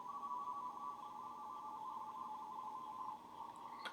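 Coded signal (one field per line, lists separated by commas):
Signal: RTTY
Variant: 170 Hz shift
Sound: rapid warbling two-tone chatter around 1 kHz, continuous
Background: radio static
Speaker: using the CWT to tune just on the radio I could pull up a spectrum display so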